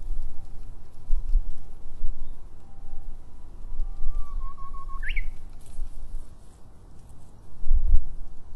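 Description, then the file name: Japanese bush warbler sings one phrase: a held low whistle, then a sharp upward flourish, over a steady low rumble. Recorded in 2012. "uguisu 2012"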